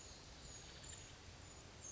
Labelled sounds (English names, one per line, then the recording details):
Pacific Wren
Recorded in Sonoma County, California